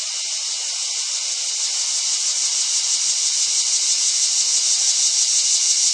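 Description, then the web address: Cicada chorus giving an unbroken shrill buzz, faintly pulsing and gradually swelling in loudness over the six seconds. "SFXSource AOS Cicadas"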